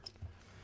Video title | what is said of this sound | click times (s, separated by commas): BMW X5 Front Brake Pad & Rotor Replacement DIY (2019-2026 BMW G05 X5, G06 X6) | We can plug it back in. Make sure we hear that audible click and then reinstall | 0.1 s